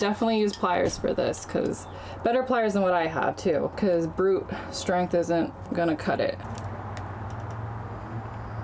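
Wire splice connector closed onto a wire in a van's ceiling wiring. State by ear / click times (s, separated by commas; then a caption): seated / 7.0 s. Someone talks while a wire, pushed fully into a small plastic wire splice connector in a van's ceiling wiring, is squeezed shut with pliers. After the talking, a tiny sharp click sounds at 6.9 s. The connector is seated and secure.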